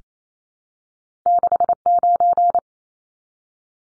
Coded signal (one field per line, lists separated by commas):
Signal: Morse code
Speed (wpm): 28 wpm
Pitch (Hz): 700 Hz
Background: none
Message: 69